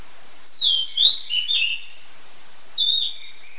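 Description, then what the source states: Bird song of bright, high warbled phrases, three quick notes in a cluster followed after a pause by a final short whistled phrase. Recorded in a forest.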